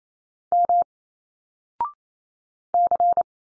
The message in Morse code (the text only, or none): M C